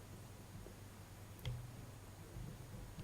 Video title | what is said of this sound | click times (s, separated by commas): Samsung S4 Not Charging Not Syncing Repair | and it just pops on | 1.5 s